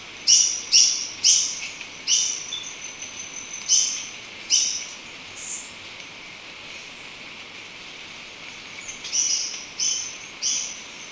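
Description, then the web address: Uniform treehunter calls, sharp harsh notes given in uneven groups, a run at the start, a few scattered notes, then another short series near the end. Ecuador. "S America Birds of Ecuador. Uniform Treehunter"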